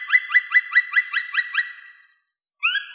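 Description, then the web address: Black woodpecker calling: a quick run of about eight ringing, slightly rising notes, roughly five per second, fading at the end, then a single note after a short pause. "Dryocopus martius"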